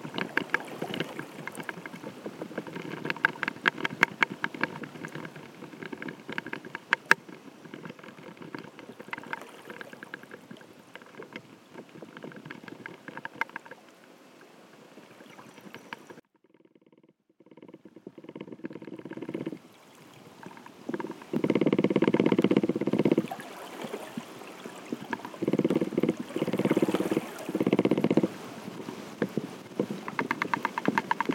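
Whale songs heard underwater, with a dense crackling wash and overlapping calls through the first half. The sound drops nearly to silence around the midpoint, then returns with louder, sustained low moans near 21 and 25 seconds, with higher tones above them.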